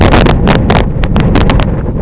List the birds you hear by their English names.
none